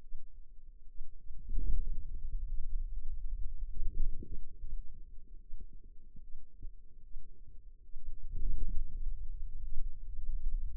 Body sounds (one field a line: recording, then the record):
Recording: forearm muscle sounds (acoustic myography)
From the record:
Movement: pen grasping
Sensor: system 2, bracelet of six BSWA MPA416 microphones around the upper forearm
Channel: 1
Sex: female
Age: 25 years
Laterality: right